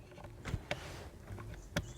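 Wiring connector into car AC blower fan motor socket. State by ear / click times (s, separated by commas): seated / 1.8 s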